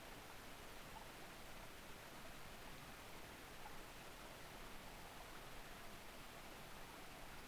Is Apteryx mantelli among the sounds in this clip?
no